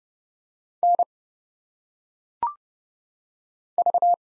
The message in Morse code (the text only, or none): N V